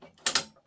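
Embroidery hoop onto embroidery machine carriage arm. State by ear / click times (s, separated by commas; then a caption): seated / 0.3 s. An embroidery hoop is wiggled side to side onto the carriage arm of a multi-needle embroidery machine, with faint scraping before two sharp clicks at 0.3 and 0.3 seconds. The hoop seats into place. No one talks in the clip.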